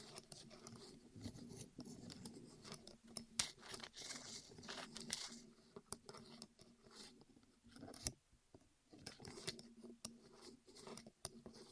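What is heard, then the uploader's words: ASMR sounds of something rolling over the ears: a dense, crackly rustle that swells and fades in uneven waves. Sharp snapping clicks break through now and then, notably near 3, 6 and 8 seconds, over a steady low hum underneath. ASMR Rolling On Your Ears (No Talking).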